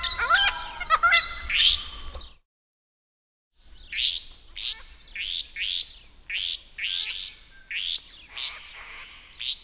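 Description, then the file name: Restless flycatcher: varied twittering chatter opens, then a brief silence, then a steady series of buzzy, rising grinding notes. "Myiagra Inquieta"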